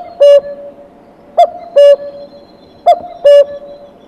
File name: common cuckoo